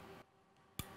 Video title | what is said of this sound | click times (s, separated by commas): Connecting Radio Systems to Cisco Networks | until you hear the click and now this is ready to go into the system okay | 0.8 s